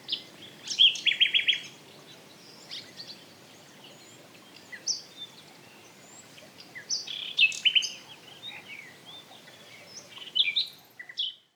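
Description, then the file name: Common nightingale song, short phrases of sharp clicks and rapid repeated notes with pauses between, some high thin notes, over quiet background hiss. "Luscinia megarhynchos"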